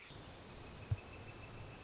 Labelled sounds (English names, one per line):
Northern Flicker